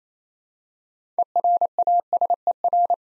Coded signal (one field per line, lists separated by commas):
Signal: Morse code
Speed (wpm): 28 wpm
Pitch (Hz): 700 Hz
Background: none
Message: ERASER